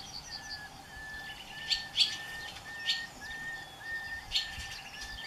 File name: Nachtigall mit Gesang - Nightingale singing